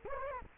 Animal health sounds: mosquito wingbeat signal from an infrared sensor; Culex quinquefasciatus

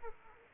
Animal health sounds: mosquito wingbeat signal from an infrared sensor; Aedes aegypti

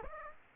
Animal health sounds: mosquito wingbeat signal from an infrared sensor; Aedes aegypti

